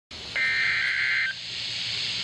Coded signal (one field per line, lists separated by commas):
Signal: Emergency Alert System (SAME) tones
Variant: header bursts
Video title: Severe Thunderstorm Warning on WXK52 (EAS Alert: #1) - 6/25/11